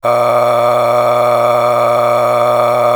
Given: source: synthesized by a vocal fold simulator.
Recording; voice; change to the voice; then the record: sustained vowel; male; a random mix of aspiration noise, stiffness perturbation and strain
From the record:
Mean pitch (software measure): 119 Hz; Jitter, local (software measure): 2.72%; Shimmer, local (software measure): 11.5%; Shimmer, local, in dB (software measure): 1.02 dB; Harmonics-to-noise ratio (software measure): 8.3 dB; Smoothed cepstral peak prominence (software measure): 11.2 dB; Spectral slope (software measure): -15.4 dB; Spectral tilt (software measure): -9.3 dB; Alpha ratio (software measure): -5.9 dB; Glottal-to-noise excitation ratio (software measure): 0.848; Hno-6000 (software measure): 1.8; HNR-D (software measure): 22.0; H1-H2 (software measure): 2.9 dB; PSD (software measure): 1.9e-04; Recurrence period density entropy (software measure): 0.127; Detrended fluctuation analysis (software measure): 0.0389